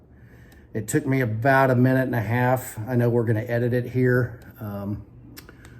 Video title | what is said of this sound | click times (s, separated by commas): The Best Way to Assemble a Recoil Tube for a Benelli M4 | but with my bare finger I can you just heard the audible snap it snapped right in place the 70071 is now installed | 5.5 s, 5.6 s